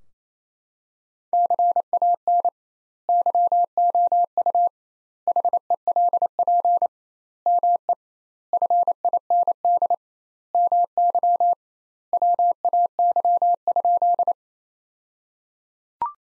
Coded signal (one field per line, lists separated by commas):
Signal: Morse code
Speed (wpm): 28 wpm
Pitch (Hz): 700 Hz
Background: none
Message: CAN YOU HELP ME FIND MY WAY?